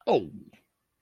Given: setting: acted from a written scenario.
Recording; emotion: vocal sound without words; realization